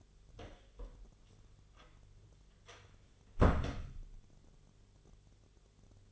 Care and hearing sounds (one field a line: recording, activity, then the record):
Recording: daily activity, microphone in the room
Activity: close door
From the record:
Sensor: 4